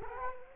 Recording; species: mosquito wingbeat signal from an infrared sensor; Culex quinquefasciatus